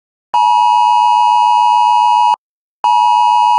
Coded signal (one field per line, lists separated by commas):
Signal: Emergency Alert System (SAME) tones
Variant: 853 and 960 Hz attention tone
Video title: EAS National Test Phone Alert (10/4/23)